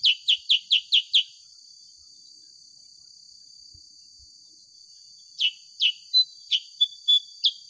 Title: Masteran Kutilang Sutra. SUARA ASLI KUTILANG SUTRA COCOK UNTUK PANCINGAN